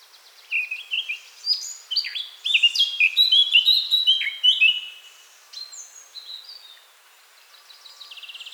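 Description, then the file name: Eurasian blackcap song: a rapid warbling run of varied high chirps and whistles between about 0.5 and 5 seconds, then quieter scattered notes and a short buzzy trill at the end. "Sylvia atricapilla"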